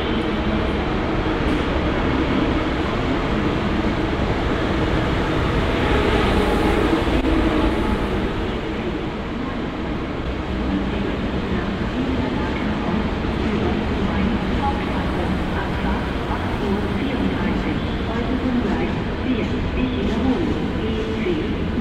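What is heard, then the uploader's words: A busy train station hums with a steady, dense wash of low rumble from trains and crowd chatter. Voices murmur throughout without pause, with faint clinks and short sharp sounds scattered across the recording, and a slight swell in loudness around six to seven seconds. Cologne Central Station | Train station sounds. Recorded on Cologne Central Station.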